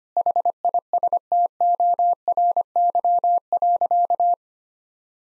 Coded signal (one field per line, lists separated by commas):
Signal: Morse code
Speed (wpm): 25 wpm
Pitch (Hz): 700 Hz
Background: none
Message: HISTORY.